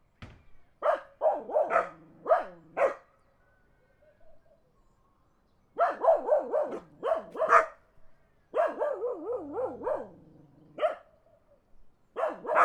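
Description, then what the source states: Dogs barking in clustered volleys, with a long pause in the middle and renewed bursts of barking after it. Dogs barking in the country.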